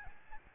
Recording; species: mosquito wingbeat signal from an infrared sensor; Aedes albopictus